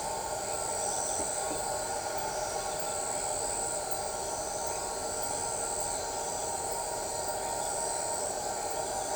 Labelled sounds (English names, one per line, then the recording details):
none
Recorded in shrubland near Pivijay, Magdalena, Colombia, on 13 April 2023 at 21:30
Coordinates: 10.453, -74.365
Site P5-G022